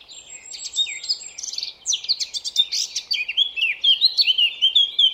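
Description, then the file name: Eurasian blackcap song, a dense scratchy warble that turns into loud, clear fluty whistles in the final two seconds. "Sylvia atricapilla"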